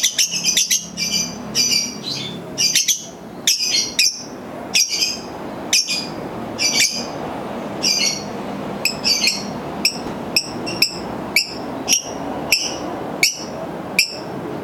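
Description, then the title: Lovebird giving a mix of scratchy chirps and sharp high ticks, irregular at first, then evenly spaced. Masteran bird sounds used for training birds. "MASTERAN BURUNG 2"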